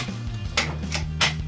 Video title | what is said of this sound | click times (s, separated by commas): Power Rangers Movie Battle Zords Review! & Figures! #powerrangersmovie | there's a click if you push it in hard enough | 0.6 s